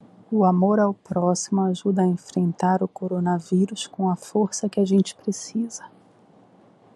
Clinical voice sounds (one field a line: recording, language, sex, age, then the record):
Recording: spoken sentence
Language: Brazilian Portuguese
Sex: female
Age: 40 to 49 years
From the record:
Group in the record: control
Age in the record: 44 years